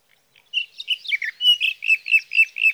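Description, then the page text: Sage thrasher song: a rapid run of warbled, slurred phrases after a brief quiet start, notes bunched around a steady mid-high pitch and repeated quickly. Male sage thrasher, Sierra Valley, California, June 12–15, 2018; from a set comparing his night songs, recorded by a Swift recorder near his night roost, with his day songs. "61. Sage thrasher songs, through the night."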